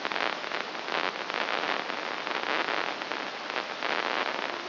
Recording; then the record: brain microelectrode recording played as sound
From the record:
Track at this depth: inside the subthalamic nucleus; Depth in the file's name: 3.62 mm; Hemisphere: left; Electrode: 2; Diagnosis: Parkinson's disease